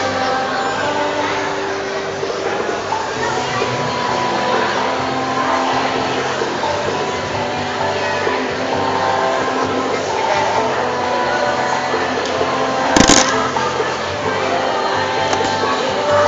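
Noisy commotion at a soap-bubble workshop in a shopping centre: a steady, dense crowd babble with held tones, and one sharp bang near thirteen seconds.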